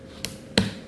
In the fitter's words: all right snaps in place it rotates up and down